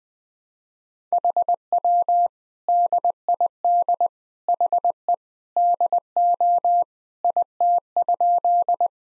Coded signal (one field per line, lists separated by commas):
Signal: Morse code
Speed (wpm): 21 wpm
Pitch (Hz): 700 Hz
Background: none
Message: HW DID HE DO IT?